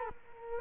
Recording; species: mosquito wingbeat signal from an infrared sensor; Culex quinquefasciatus